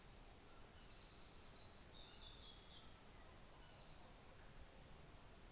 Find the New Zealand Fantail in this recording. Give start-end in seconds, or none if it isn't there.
none